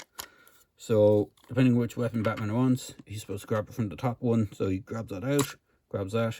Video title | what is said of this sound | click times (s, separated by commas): Spinmasters Batman armoury attack batcycle review | it rotates and snaps into place | 0.2 s